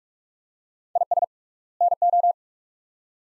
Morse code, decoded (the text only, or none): IS NO